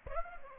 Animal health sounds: mosquito wingbeat signal from an infrared sensor; Aedes aegypti

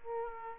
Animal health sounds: mosquito wingbeat signal from an infrared sensor; Aedes aegypti

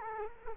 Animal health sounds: mosquito wingbeat signal from an infrared sensor; Culex quinquefasciatus

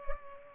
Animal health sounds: mosquito wingbeat signal from an infrared sensor; Culex pipiens

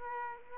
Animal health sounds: mosquito wingbeat signal from an infrared sensor; Aedes aegypti

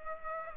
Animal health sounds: mosquito wingbeat signal from an infrared sensor; Culex pipiens

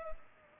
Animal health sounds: mosquito wingbeat signal from an infrared sensor; Culex pipiens

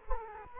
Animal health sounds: mosquito wingbeat signal from an infrared sensor; Culex quinquefasciatus

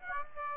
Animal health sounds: mosquito wingbeat signal from an infrared sensor; Aedes aegypti

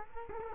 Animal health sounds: mosquito wingbeat signal from an infrared sensor; Culex quinquefasciatus

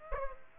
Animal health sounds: mosquito wingbeat signal from an infrared sensor; Aedes aegypti

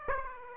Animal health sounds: mosquito wingbeat signal from an infrared sensor; Aedes aegypti

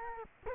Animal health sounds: mosquito wingbeat signal from an infrared sensor; Culex quinquefasciatus

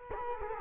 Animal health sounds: mosquito wingbeat signal from an infrared sensor; Culex quinquefasciatus

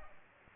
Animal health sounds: mosquito wingbeat signal from an infrared sensor; Aedes aegypti

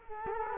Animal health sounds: mosquito wingbeat signal from an infrared sensor; Culex quinquefasciatus

